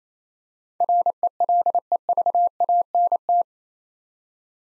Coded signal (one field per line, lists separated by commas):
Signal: Morse code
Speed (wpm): 28 wpm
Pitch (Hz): 700 Hz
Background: none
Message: RELEVANT